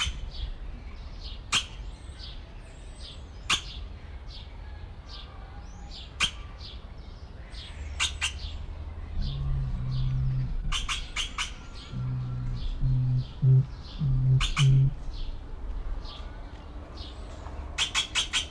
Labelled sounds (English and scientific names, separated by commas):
Crested Oropendola (Psarocolius decumanus) call